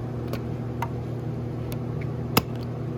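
During a handlebar riser install on a 2021 Lowrider S FXLRS motorcycle, the latch of a plastic handlebar wiring harness connector is pushed down and the connector is pulled out of its mating plug. Faint ticks at 0.3, 0.8, 1.7 and 2.0 seconds sit over a steady low hum, then a sharp click at 2.4 seconds marks the release. The connector comes unlatched and is pulled apart.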